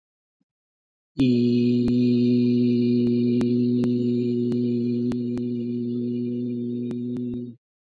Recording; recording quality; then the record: sustained vowel as in beet; excellent, no background noise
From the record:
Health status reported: healthy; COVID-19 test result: not tested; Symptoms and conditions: cold, fatigue, muscle pain, loss of smell and taste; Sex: male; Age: 39 years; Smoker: not ticked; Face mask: not worn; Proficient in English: yes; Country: India